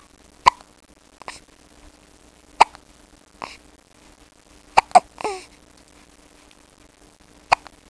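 An infant hiccupping: brief, sharp hic sounds repeating at irregular intervals.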